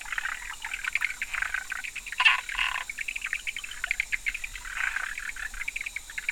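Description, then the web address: A chorus of frogs keeps up quick, rattling pulsed calls, one burst standing out near two seconds, while a constant high-pitched insect drone runs underneath. Recorded on 11 October 2019, between 18:00 and 20:00. "frog 18-20 20191011"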